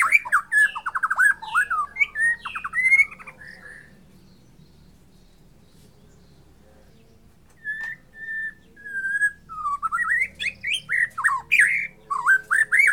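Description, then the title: White-rumped shama song: bursts of rich whistled and slurred notes, a loud phrase, a long pause of near silence, then varied rising whistles and chattering notes resuming. From Borneo. "MURAI BORNEO MAS KIKI"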